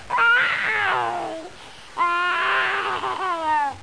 Baby cry.